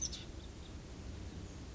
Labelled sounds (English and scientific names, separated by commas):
Oak Titmouse (Baeolophus inornatus)